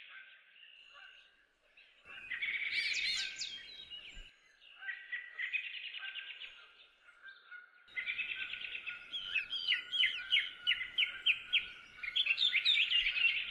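Bird song: buzzy, trilled phrases mid-high in pitch, broken by short pauses, ending in a rapid run of sharp repeated notes, with several songbirds overlapping.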